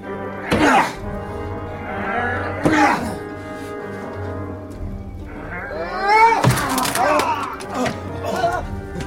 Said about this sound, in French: Il ne répond pas. Enfonçons la porte!